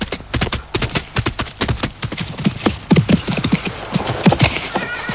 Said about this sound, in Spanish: Cabalgué los últimos metros hasta llegar a la aldea.